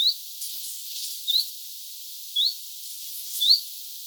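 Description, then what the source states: Common chiffchaff calling: four thin, upslurred whistled notes, about one per second, over a steady faint hiss. Two chiffchaffs, 6 September 2025.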